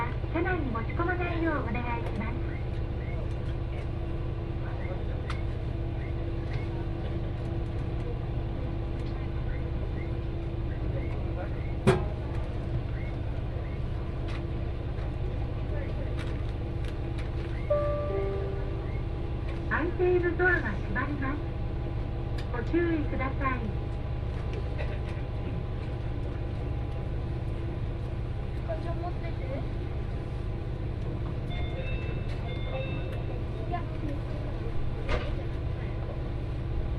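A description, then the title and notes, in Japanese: Riding inside a local train, a steady low rumble and a constant engine hum fill the whole clip. Voices murmur intermittently over the drone, with a sharp knock near twelve seconds and scattered small clicks and rattles throughout. 耳で楽しむ鉄道旅 越美北線 計石→福井。越前大野からひと山越えた先にある計石からは、足羽川の支流に沿って進み、美山で足羽川と合流します。何度か足羽川を渡りながら一乗谷遺跡のある近くを通りつつ越前花堂で北陸本線に合流して福井を目指します。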